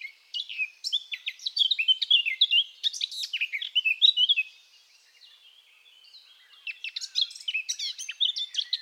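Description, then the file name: Eurasian blackcap song, a dense chattering warble of quick varied notes, a pause of about two seconds, then another warbling phrase. "Sylvia atricapilla"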